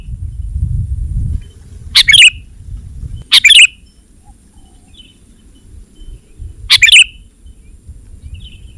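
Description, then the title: Sooty-headed bulbul calls: three short, bright chirped phrases spread over several seconds, with low rumbling noise in between. "kutilang"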